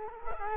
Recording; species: mosquito wingbeat signal from an infrared sensor; Culex quinquefasciatus